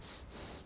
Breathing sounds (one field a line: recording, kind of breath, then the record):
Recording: one breath in and out by a microphone near the nose and mouth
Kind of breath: strong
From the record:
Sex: male